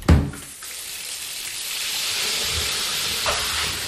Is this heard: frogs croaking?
no